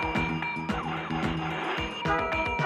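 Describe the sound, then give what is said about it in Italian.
Busy city traffic hums steadily, with engine rumble, tire squeals and scattered metallic clinks and knocks cutting through a dense, continuous wash of noise. “Il traffico in città è già tornato ai livelli pre-Covid e nessuno sa cosa succederà quando apriranno le scuole.”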